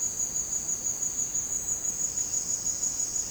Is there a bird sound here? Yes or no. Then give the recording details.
no. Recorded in secondary vegetation near Puerto Asís, Putumayo, Colombia, on 12 March 2025 at 17:00. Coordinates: 0.485, -76.322. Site G040